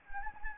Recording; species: mosquito wingbeat signal from an infrared sensor; Anopheles gambiae